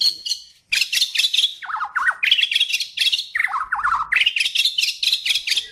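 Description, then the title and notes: Bird song, a fast, varied stream of high chirps and trills with lower warbled phrases dipping in between, almost continuous after a short pause at the start. Described as a champion (jawara) songbird singing. "kicau burung jawara"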